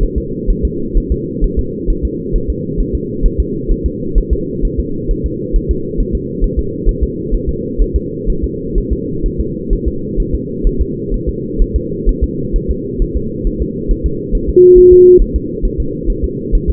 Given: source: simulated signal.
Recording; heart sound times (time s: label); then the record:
fetal heart sounds
0.03 s: S1
0.18 s: S2
0.50 s: S1
0.65 s: S2
0.97 s: S1
1.12 s: S2
1.44 s: S1
1.59 s: S2
1.90 s: S1
2.05 s: S2
2.35 s: S1
2.50 s: S2
2.80 s: S1
2.95 s: S2
3.25 s: S1
3.40 s: S2
3.71 s: S1
3.86 s: S2
4.18 s: S1
4.33 s: S2
4.65 s: S1
4.79 s: S2
5.11 s: S1
5.26 s: S2
5.56 s: S1
5.71 s: S2
6.00 s: S1
6.15 s: S2
6.44 s: S1
6.59 s: S2
6.89 s: S1
7.03 s: S2
7.34 s: S1
7.49 s: S2
7.82 s: S1
7.96 s: S2
8.30 s: S1
8.44 s: S2
8.78 s: S1
8.93 s: S2
9.26 s: S1
9.40 s: S2
9.73 s: S1
9.88 s: S2
10.20 s: S1
10.35 s: S2
10.67 s: S1
10.81 s: S2
11.14 s: S1
11.29 s: S2
11.62 s: S1
11.76 s: S2
12.09 s: S1
12.24 s: S2
12.56 s: S1
12.71 s: S2
13.02 s: S1
13.17 s: S2
13.47 s: S1
13.62 s: S2
13.91 s: S1
14.06 s: S2
14.35 s: S1
14.49 s: S2
14.78 s: S1
14.93 s: S2
15.21 s: S1
15.36 s: S2
15.65 s: S1
15.80 s: S2
16.10 s: S1
16.24 s: S2
16.55 s: S1
16.70 s: S2
From the record:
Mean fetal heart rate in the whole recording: 130 bpm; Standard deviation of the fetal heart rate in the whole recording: 4 bpm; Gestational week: 38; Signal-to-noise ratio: -6.6 dB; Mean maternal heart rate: 72 bpm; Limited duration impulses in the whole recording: present